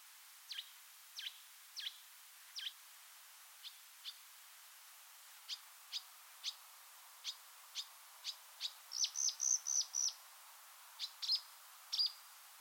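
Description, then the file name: Marsh warbler song: sharp high chips, sparse at first, then quickening into a run of brighter notes near the end. "suara kicauan burung marsh warbler. omkicau"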